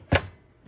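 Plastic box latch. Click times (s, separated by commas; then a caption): 0.1 s. A half-size plastic ToughBuilt StackTech stackable tool box is set onto a modular storage stack and clicks into place. A single sharp, loud click at 0.2 seconds with a brief thud and quick decay, then near-silence. The box is latched and seated on the stack.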